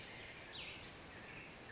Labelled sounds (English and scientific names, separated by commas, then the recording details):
California Towhee (Melozone crissalis)
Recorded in Sonoma County, California